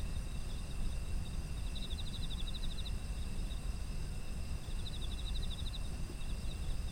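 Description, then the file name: Insects trilling: two bursts of quick pulsed chirps about three seconds apart against sustained high-pitched buzzing, with low background rumble. Autumn insects, ambient environmental sound. "秋の虫の環境音"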